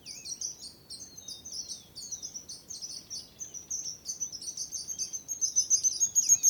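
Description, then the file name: Sparrow chirps in a rapid run, softer at first and becoming louder toward the end. Sparrow singing while flying. "felix blume animals bird sparrow singing flying"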